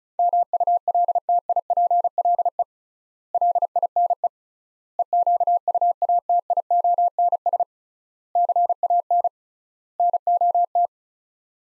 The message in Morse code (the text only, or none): MULTIPLE LINE EQUATIONS CAN NOT